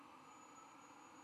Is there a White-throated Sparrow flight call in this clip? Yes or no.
no